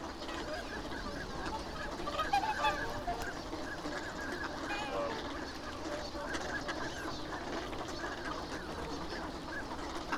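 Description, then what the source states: Ducks giving a busy chorus of short nasal calls and chatter, many birds overlapping without pause against constant background noise. Recorded at Abukuma on 10 February 2024.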